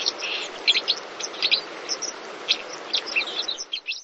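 Bird chirps, short high notes in irregular bursts over a steady hiss of background noise.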